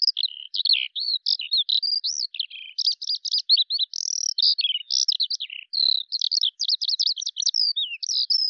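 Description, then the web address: Bird song, a busy run of high chirps, slurred whistles and short buzzy notes that goes on almost throughout. "Deverinetal 2025 File cleaned normalized Bird Al Ar"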